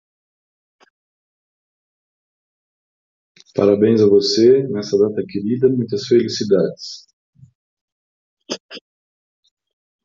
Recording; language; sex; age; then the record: short text; Brazilian Portuguese; male; 50 to 59 years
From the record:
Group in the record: control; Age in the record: 58 years